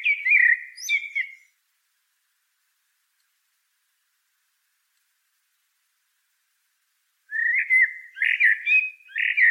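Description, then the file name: Common blackbird song: a brief fluted warble, about six seconds of quiet, then another phrase of clipped mellow notes. "Turdus merula"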